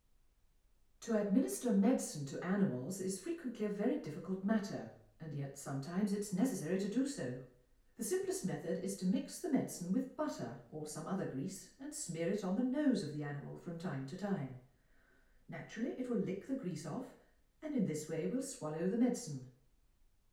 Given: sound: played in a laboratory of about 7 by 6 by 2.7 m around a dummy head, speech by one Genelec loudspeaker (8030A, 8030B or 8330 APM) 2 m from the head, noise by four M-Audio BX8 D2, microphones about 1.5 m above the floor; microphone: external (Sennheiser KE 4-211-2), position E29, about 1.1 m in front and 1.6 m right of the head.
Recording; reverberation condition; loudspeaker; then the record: female speech in English; medium; behind (180 degrees)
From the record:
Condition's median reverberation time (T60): about 510 ms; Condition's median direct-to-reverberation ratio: about -0.5 dB